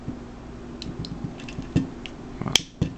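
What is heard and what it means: The head of a plastic transforming robot figure is brought down through a stiff joint into its torso socket, with faint plastic creaks and small clicks along the way. It snaps into place at 2.6 s with a sharp, bright click. The head is seated.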